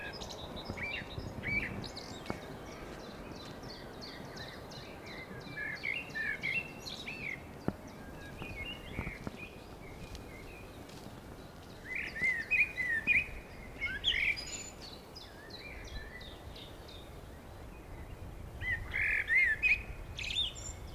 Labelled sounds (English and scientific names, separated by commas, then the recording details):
Common Blackbird (Turdus merula) song
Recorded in the wild
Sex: male
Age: adult
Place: Friedhof Niederschönhausen III, Berlin, DE
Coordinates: 52.5706, 13.3875
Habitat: city cemetery
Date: 1987-04-18 13:17
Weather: sunny, 10°C
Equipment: Nagra SN, Kopie Tesla B 116
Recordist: Tembrock, Günter